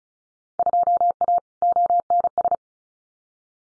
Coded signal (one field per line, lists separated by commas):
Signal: Morse code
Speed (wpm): 34 wpm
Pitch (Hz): 700 Hz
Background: none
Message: 2A ONS